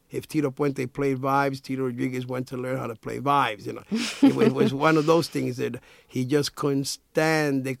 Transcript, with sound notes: If Tito Puente played vibes, Tito Rodriguez wanted to learn how to play vibes, you know?
(LAUGHTER)
It was one of those things that he just couldn't stand